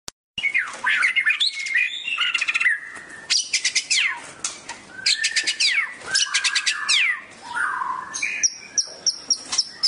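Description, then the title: Oriental magpie-robin delivering rapid buzzy trills, stuttering rattles and whistled slurs, the phrases changing constantly and repeated in quick bursts. "Kicau Kacer"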